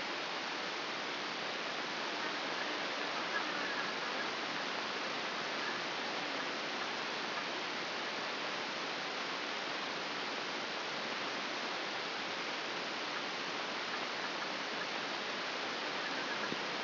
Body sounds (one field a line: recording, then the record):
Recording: brain microelectrode recording played as sound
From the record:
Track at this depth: outside the subthalamic nucleus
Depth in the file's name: 5.801 mm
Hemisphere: right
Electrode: 2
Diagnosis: Parkinson's disease